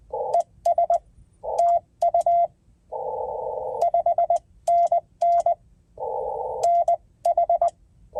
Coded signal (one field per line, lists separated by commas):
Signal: Morse code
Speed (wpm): 18 wpm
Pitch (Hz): 690 Hz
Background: none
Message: ES TU 5NN NH